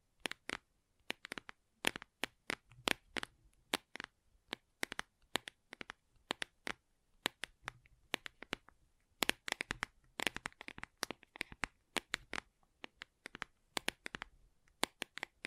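Gentle tapping in quick, irregular bursts, each tap a sharp, bright click with silence between. Taps come several per second, sometimes clustered into rapid flurries, sometimes spaced out, continuing steadily through the whole fifteen seconds with only a faint low hum underneath.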